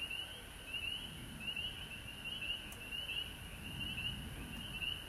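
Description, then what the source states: Frogs calling in a chorus, with short rising peeps repeated about once a second over a faint steady trill and low background rumble. Recorded at home in Georgia on March 19, 2020.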